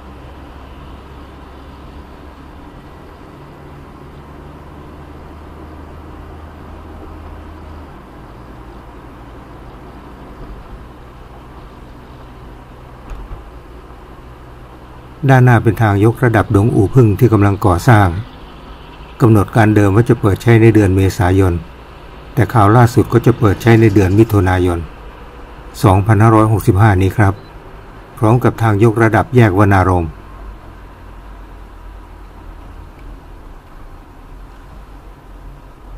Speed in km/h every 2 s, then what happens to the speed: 31, 32, 35, 38, 39, 40, 42, 44, 45, 45, 44, 44, 44, 42, 39, 35, 32, 26.
0-15 speeds up to 45. 15-24 steady at about 44. 24-36 slows to 26.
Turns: none.